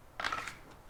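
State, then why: Not seated. A handgun is being pushed into a thermoformed Kydex holster after its retention screws have been adjusted, producing a burst of scraping, crunching plastic-on-metal handling noise from about 0.2 to 0.5 seconds with sharp transients at 0.2, 0.3 and 0.5 seconds. Nothing has seated or clicked into retention yet.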